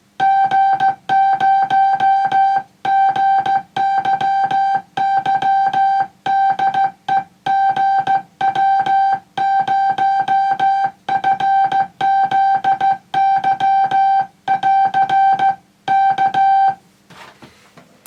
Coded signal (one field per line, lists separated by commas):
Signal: Morse code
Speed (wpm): 15 wpm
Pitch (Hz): 780 Hz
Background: music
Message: G0GYY DE GW0FZY <AR> K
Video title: Morse Code And AM Contact On Old 1950's Transmitter